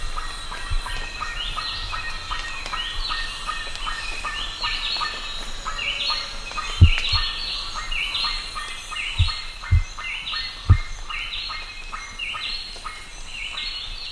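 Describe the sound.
Bird calls, short clucking notes repeated in a steady series, with higher rising chirps overlapping above and a few low thumps.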